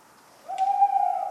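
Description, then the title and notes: Tawny owl: the start of a steady, pure hooting note that swells in loudness against a quiet background. Tawny owl calling persistently on a cold autumn night, 11 November 1995, Ménigoute, France; acorns falling regularly. "Festival du film ornithologique de Ménigoute. Chouette hulotte bien loquace"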